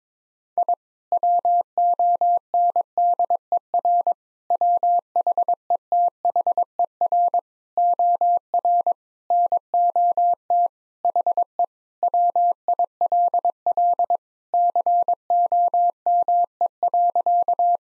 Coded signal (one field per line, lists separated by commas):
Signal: Morse code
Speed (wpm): 22 wpm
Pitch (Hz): 700 Hz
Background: none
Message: I WONDER WHETHER OR NOT HE WILL COME.